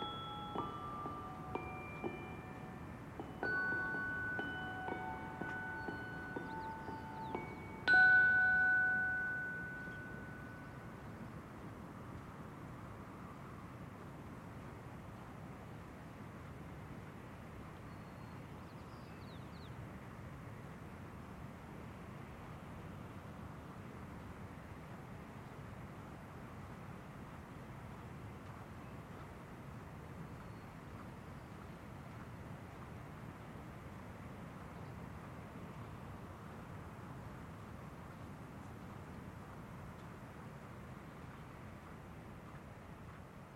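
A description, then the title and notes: Steady, muffled surf roars at a seaside cove, with a few clear ringing chimes in the first ten seconds before fading away. Recorded at Seaside Cove on The Oregon Coast.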